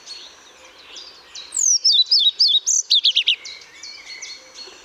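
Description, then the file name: European pied flycatcher delivering one rapid phrase of high, alternating notes ending in quick trilled strokes. Recorded at Paehl on 1 May 2014. "Trauerschnaepper 01 05 2014 Paehl WM Michle Pron"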